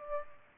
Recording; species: mosquito wingbeat signal from an infrared sensor; Aedes aegypti